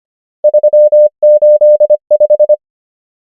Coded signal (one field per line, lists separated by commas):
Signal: Morse code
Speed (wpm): 25 wpm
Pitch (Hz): 600 Hz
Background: none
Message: 3 8 5